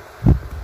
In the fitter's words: sampai klik si